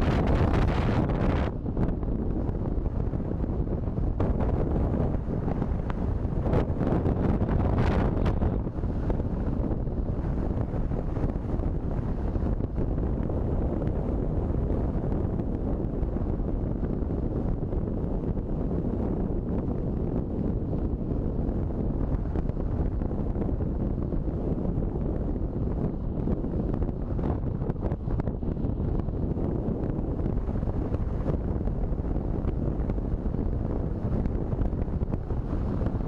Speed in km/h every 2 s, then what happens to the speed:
44, 44, 45, 46, 46, 48, 47, 47, 47, 46, 46, 45, 44, 44, 46, 47, 48, 48.
0-36 steady at about 46.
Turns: none.